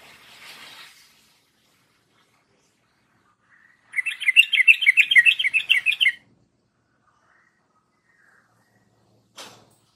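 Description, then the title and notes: Yellow-vented Bulbul song: a rapid burst of bubbly, chattering notes lasting about two seconds, with a brief faint note before it and a short click near the end. Masteran of the tembakan song style, used to train birds; notes call it champion trucuk song. "MASTERAN Trucukan Tembakan. trucuk juara"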